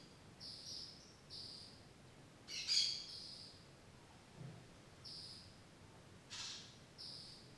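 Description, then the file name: Bird calls: short high chirping notes at loose intervals, one louder and sharper than the rest, over a faint steady indoor hush. A bird inside a farm chapel, daytime interior ambience, rural setting. "Ambiente interior capela de fazenda dia passaro dentro da capela"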